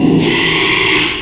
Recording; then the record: squeal of a Yucatan mini pig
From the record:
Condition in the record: after surgery on the right vocal fold (resection and tissue-engineered implant); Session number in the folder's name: 1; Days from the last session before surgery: 6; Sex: male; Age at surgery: 12 weeks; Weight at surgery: 13 kg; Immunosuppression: cyclosporine, prednisolone